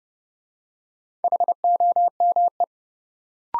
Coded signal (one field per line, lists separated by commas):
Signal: Morse code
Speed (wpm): 30 wpm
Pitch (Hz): 700 Hz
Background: none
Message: HOME